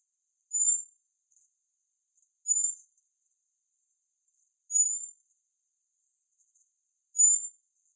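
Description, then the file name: Common blackbird making thin, high, slightly drawn-out whistles, four of them a little over two seconds apart, with faint soft clicks in between. "Turdus merula"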